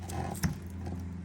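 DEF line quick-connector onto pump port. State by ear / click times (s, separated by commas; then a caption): not seated / none. On a 2017 Chevy Cruze Diesel during a DEF pump replacement, with the factory protector cap removed, the DEF line quick-connector is handled at the pump port, producing a few small, sharp handling taps and rattles over a steady low hum. The loudest tap comes at about 0.4 s. Nothing has seated or clicked yet; the clip ends just before the connector pops home.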